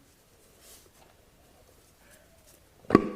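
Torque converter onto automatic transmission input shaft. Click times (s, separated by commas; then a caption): 2.9 s. A torque converter (stall converter) for a Trans Am, Firebird WS6 or Camaro SS is rotated and pushed onto the automatic transmission input shaft until its third set of splines engages. Quiet, faint shuffling comes before a sharp metallic click at 2.9 s and 3.0 s, with a brief ringing tail. That third click fully seats the converter in the transmission pump, because three sets of splines must line up.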